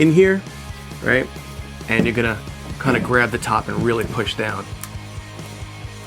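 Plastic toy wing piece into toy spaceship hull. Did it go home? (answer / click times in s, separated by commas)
yes / 4.8 s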